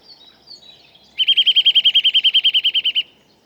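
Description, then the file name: Eurasian nuthatch trill: a fast, regular series of many whistled notes at one pitch for under two seconds, preceded by faint thin sounds. "Sitta europaea"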